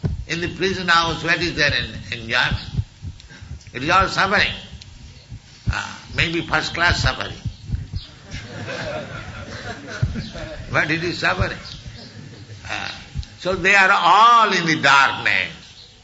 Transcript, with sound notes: In the prison house where is there enjoyment? It is all suffering. Maybe first-class suffering, (laughter) but it is suffering. So they are all in the darkness,